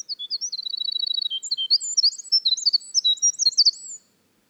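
Winter wren song: a brisk, high trill followed by a long, tumbling stream of tinkling and squeaky notes lasting about four seconds.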